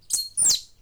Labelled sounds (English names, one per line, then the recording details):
Stitchbird song
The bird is a male
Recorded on Tiritiri Matangi Island, New Zealand, in 2005
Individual 2, of nest box 2